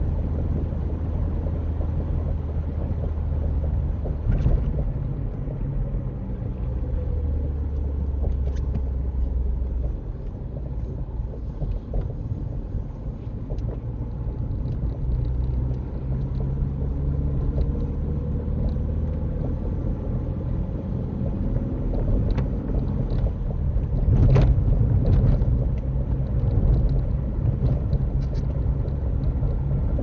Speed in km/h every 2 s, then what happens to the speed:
58, 52, 44, 37, 32, 32, 32, 37, 42, 45, 48, 47, 48, 50, 52.
0-8 slows to 32. 12-20 speeds up to 48. 20-30 steady at about 48.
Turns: none.